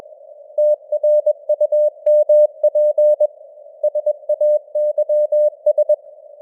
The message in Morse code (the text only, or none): TRUMP SAYS